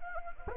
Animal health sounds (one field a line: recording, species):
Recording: mosquito wingbeat signal from an infrared sensor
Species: Anopheles arabiensis